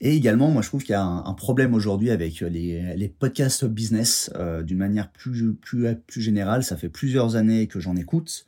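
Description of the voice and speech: Mostly fluent French speech from an adult man who has stuttered all his life, since his first words, with a paused triple word repetition and a brief catch: mild stuttering.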